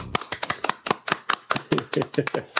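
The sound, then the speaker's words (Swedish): A short round of hand clapping, a quick, uneven patter of sharp, crisp claps that sounds like two or three people giving themselves a small round of applause for a couple of seconds, with no talking. “Jag tycker vi ger oss själva en liten applåd.”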